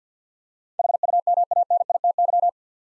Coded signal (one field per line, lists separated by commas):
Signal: Morse code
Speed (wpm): 50 wpm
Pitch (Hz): 700 Hz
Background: none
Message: HUMANITY